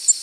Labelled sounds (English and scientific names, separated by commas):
Tennessee Warbler (Leiothlypis peregrina) flight call